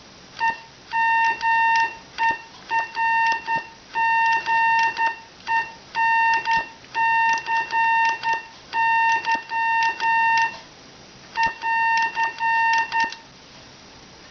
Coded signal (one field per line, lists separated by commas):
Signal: Morse code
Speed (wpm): 10 wpm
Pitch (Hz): 910 Hz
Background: none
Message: EMERGENCY <AR>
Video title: CW Thoughts... by Howard WB2UZE - Polar DX